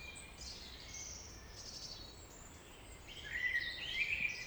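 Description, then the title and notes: Common blackbird delivering a fluty phrase near the end, after soft high twittering from other birds. Early evening, April 2019, Vallée des Traouiero, Trégastel, France; one blackbird with other birds; recorded with MKH 8040 ORTF pair, Sound Devices MixPre-D and Zoom H5. "Vallée des Traouiero, Trégastel, France - Blackbird song [Valley Traouïero]. yponomeutaneko"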